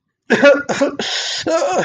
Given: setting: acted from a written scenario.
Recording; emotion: vocal sound without words; distress